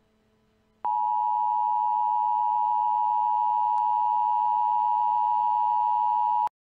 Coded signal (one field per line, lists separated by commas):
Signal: Emergency Alert System (SAME) tones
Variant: 853 and 960 Hz attention tone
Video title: EAS- Law Enforcement Warning for McLean County, Illinois